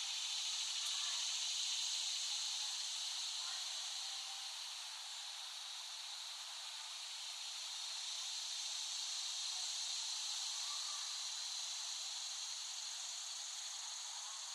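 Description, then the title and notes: Cicadas keep up a continuous high sizzling drone that swells and eases in loudness. Cicadas in West Brighton, Staten Island, late summer 2008. "Recording of cicadas in West Brighton, Staten Island"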